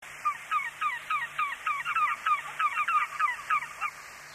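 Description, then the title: Lesser White-fronted Goose calls: a rapid series of high, squeaky yelping notes, over a steady background hiss. "Viikon luontoääni: Kiljuhanhi"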